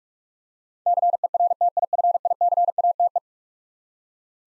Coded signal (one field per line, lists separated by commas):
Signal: Morse code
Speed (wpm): 46 wpm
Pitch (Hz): 700 Hz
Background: none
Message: CERTIFICATE